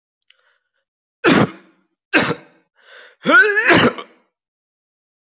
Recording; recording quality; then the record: heavy voluntary cough; excellent, no background noise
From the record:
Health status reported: healthy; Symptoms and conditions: none ticked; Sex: male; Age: 35 years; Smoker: not ticked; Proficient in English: yes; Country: India